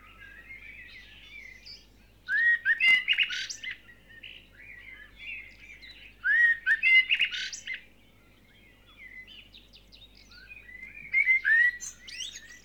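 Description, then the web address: Bird song in three separate warbled phrases, each about one to two seconds long with whistled sliding notes and chirps, spaced roughly four seconds apart. Dawn chorus of birds. "KMP Film Video Sound Effects - Vogels - Ochtendkoor"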